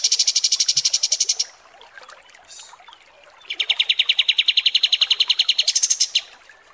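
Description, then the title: Kapas tembak song: fast rattling trills of evenly repeated notes, first a high trill, then after a pause a lower long trill ending in a higher burst. Masteran training recording. "Masteran Kapas Tembak Mewah"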